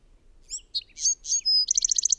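Bird song fragment: short slurred whistles, a sustained thin whistle, then a rapid run of high, evenly repeated notes.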